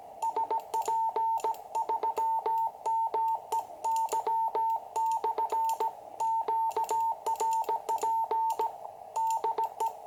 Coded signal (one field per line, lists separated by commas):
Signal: Morse code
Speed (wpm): 17 wpm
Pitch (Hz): 900 Hz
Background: music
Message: SP3MEY/QRP DE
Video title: #8: QCX - first QSO after repair with Jerry, SP3MEY/QRP